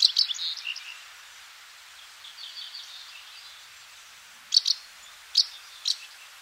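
Black-eared wheatear giving a few sharp, clicking call notes spaced near the end, after a brief scratchy chatter at the start and faint high twittering.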